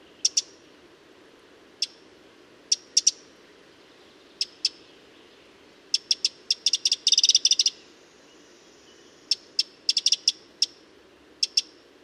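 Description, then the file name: Eurasian wren hard ticking calls, single and paired clicks scattered through, with a quick rattling burst of ticks near the middle; faint steady background hiss. "Troglodytes troglodytes"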